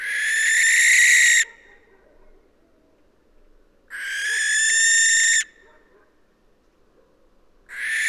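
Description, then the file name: Western barn owl repeating long, rasping hissing screeches, each about one and a half seconds, separated by roughly two to three seconds of near silence. "Western Barn Owl Tyto alba"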